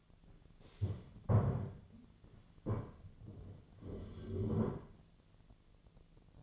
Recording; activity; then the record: daily activity, microphone in the room; stand up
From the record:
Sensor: 4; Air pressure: 1008.9 hPa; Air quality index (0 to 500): 171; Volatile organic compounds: 5 ppm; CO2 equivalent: 1715 ppm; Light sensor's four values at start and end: 23/73/28/26 and 23/73/28/26